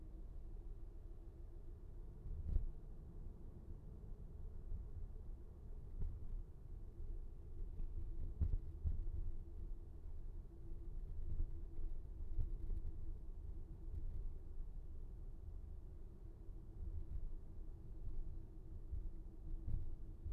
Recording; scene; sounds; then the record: everyday scene through a hearing-aid microphone; in a vehicle; engine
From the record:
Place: VW T5 Caravelle, diesel engine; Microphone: behind the ear, right, rear